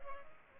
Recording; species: mosquito wingbeat signal from an infrared sensor; Culex pipiens